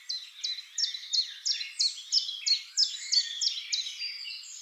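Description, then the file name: Eurasian blackcap song, a rhythmic series of clear, descending notes repeated evenly over a soft warbling background. "Sylvia atricapilla"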